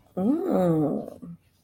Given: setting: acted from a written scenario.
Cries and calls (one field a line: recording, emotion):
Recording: vocal sound without words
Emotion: interest